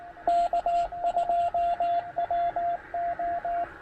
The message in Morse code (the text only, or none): K2WO